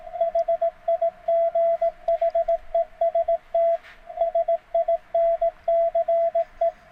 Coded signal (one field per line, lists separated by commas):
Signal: Morse code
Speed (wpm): 18 wpm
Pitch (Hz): 660 Hz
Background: radio noise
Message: HIGHEST SINCE